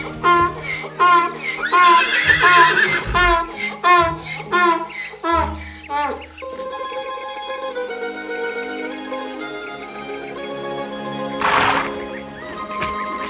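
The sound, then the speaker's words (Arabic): A horse neighs in a long, wavering whinny that rises and shakes, followed by a steady musical passage with a brief bright burst near the end. “أيها الحصان، ما الأمر؟”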